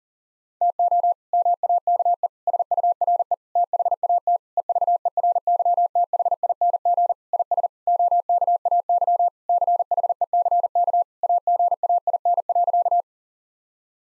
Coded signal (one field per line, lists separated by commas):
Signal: Morse code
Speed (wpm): 40 wpm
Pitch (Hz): 700 Hz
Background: none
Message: TO MAKE SURE THAT EVERYTHING IS OKAY CHECK AGAIN.